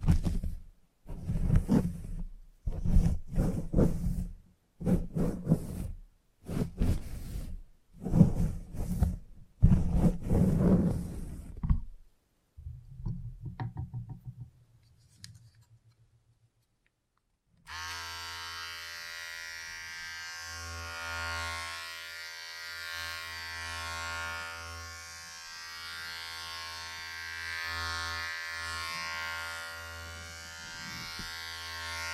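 A salon haircut: the first twelve seconds hold short bursts of talking with brief pauses, then a soft low hum and a few seconds of silence. From about eighteen seconds an electric clipper buzzes steadily to the end, its pitch wavering slightly.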